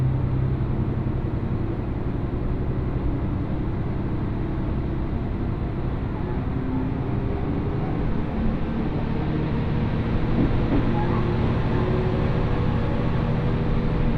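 A ride on the Mizushima Rinkai Railway train between Kurashiki and Mitsubishi Jiko-mae, with a steady, dense low rumble of the running train throughout. The noise grows slightly louder after about ten seconds, with a brief faint squealing tone around eleven seconds.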